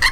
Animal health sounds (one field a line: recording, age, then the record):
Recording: pig call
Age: piglet (1 to 25 days)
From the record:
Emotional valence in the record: positive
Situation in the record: reunion after long isolation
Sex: male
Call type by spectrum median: low-frequency call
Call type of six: low-frequency tonal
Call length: 0.12 s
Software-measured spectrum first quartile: 1380 Hz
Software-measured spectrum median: 2059 Hz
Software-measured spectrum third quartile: 4007 Hz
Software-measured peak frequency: 1906 Hz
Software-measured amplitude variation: 114 dB a second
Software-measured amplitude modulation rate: 4.3 a second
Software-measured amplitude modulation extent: 26.3 dB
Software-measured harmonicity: 7.6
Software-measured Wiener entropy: -2.58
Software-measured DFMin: 772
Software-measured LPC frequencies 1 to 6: 1038, 1937, 3034, 4201, 5409, 6204 Hz